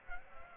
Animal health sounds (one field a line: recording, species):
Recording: mosquito wingbeat signal from an infrared sensor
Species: Culex pipiens